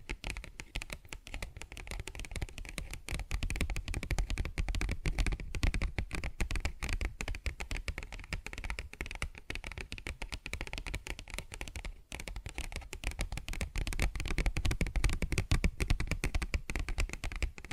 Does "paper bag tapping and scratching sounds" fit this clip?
yes